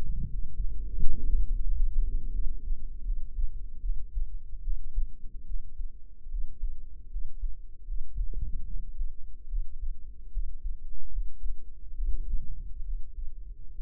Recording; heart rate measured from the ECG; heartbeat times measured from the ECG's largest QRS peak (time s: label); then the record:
heart sounds by microphone in the right ear; 76 bpm
0.29 s: heartbeat
0.99 s: heartbeat
1.65 s: heartbeat
2.31 s: heartbeat
3.03 s: heartbeat
3.81 s: heartbeat
4.62 s: heartbeat
5.45 s: heartbeat
6.29 s: heartbeat
7.09 s: heartbeat
7.85 s: heartbeat
8.65 s: heartbeat
9.47 s: heartbeat
10.31 s: heartbeat
11.10 s: heartbeat
11.94 s: heartbeat
12.82 s: heartbeat
13.74 s: heartbeat
From the record:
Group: healthy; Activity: rest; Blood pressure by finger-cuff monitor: 115/81 mmHg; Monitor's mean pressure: 90 mmHg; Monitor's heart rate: 74 bpm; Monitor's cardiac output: 6.1 L/min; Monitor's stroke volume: 80 mL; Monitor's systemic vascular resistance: 1100 dyn s/cm5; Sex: female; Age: 22 years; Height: 160 cm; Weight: 45 kg